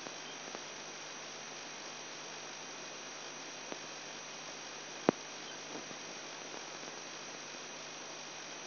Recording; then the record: brain microelectrode recording played as sound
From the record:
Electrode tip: outside the subthalamic nucleus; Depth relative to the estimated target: -8 mm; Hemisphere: right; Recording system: AlphaMap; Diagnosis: Parkinson's disease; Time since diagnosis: 10 years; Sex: male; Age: 58 years